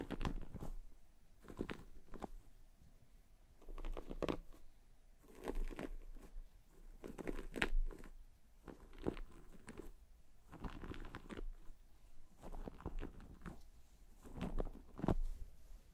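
Hair being brushed and a scalp massaged, heard as repeated soft, crackly strokes that swell and fade roughly every second or two. Each pass is a dry, bristly rustle with some sharper crunchy moments, over a quiet low hum that runs throughout.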